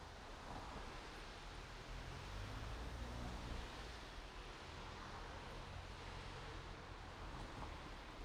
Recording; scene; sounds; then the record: everyday scene through a hearing-aid microphone; in traffic; traffic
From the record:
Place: main road on the outskirts, rush hour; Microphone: in the ear canal, right